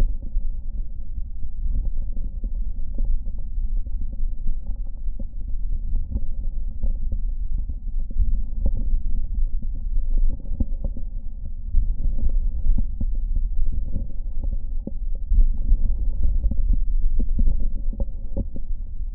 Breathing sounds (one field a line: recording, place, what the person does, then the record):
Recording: lung sounds by stethoscope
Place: left anterior apical chest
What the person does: quiet breathing, then deep breathing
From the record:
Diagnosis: COPD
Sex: male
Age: 80 years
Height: 171 cm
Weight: 75 kg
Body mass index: 25.6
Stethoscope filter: diaphragm mode